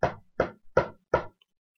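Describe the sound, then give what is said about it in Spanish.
Four firm knocks on the door of a grandmother's house in a steady, evenly spaced rhythm, each a sharp thud with a short decay, followed by silence. “Después cerró la puerta y fue a acostarse en la cama de la abuela, aguardando a Caperucita Roja, que llegó un poco más tarde y llamó.”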